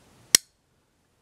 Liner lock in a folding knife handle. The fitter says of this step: It's got enough tension to really just pop right in place.